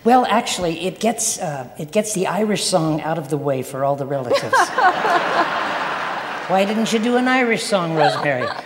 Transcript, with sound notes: Well, actually, it gets the Irish song out of the way for all the relatives. (LAUGHTER) Why didn't you do an Irish song, Rosemary?